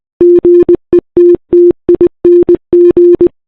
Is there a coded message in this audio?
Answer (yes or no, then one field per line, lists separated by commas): yes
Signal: Morse code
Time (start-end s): 0.2-3.3 s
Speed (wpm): 20 wpm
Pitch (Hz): 350 Hz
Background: none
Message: GETTING